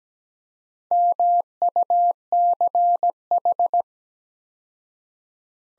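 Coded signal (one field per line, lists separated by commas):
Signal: Morse code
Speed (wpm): 17 wpm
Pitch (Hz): 700 Hz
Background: none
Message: MUCH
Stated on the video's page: Morse practice sending sets of five words at 17 wpm with 4x word spacing, a Farnsworth-like method applied to words.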